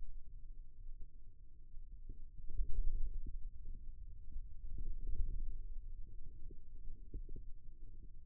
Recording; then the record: forearm muscle sounds (acoustic myography)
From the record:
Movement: hand closing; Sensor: system 2, bracelet of six BSWA MPA416 microphones around the upper forearm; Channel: 2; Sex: male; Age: 22 years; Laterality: right